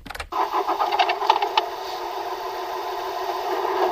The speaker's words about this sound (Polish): Potem ktoś odpala silnik.